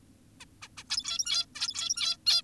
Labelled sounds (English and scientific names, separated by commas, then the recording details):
Zebra Finch (Taeniopygia guttata)
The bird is an adult
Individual g17y2U